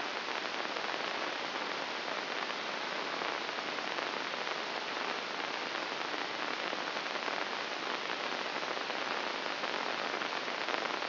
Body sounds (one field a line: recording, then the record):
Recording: brain microelectrode recording played as sound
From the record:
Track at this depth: inside the subthalamic nucleus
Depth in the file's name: 2.006 mm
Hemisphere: right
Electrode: 2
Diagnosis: Parkinson's disease